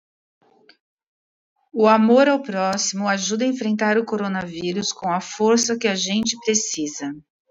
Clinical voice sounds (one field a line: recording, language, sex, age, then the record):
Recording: spoken sentence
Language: Brazilian Portuguese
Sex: female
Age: 50 to 59 years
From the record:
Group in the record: control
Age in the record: 55 years